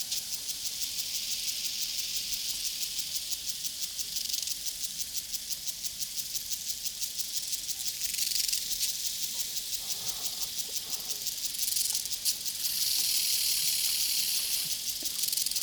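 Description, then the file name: Cricket chorus, a continuous high shimmering trill. Prairie soundscape. "Sounds from a Prairie Crickets and Cowbells"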